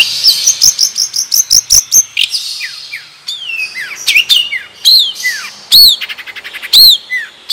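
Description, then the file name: Long-tailed shrike singing a busy medley: quick high chips, swooping downslurred whistles and loud arched notes, delivered in an uneven, rapid stream. Madura type of long-tailed shrike; original, natural voice. "Suara Asli Cendet Madura"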